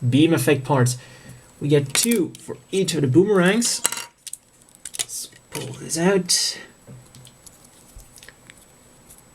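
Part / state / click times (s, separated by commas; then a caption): plastic beam effect part into a model kit boomerang weapon / seated / 8.5 s. A clear plastic beam effect part is pushed into the boomerang weapon of a 1/100 plastic model kit while someone talks. Small plastic clatters and taps follow, and the part clicks into place at 8.5 s, seated firmly so it won't come out unless pulled.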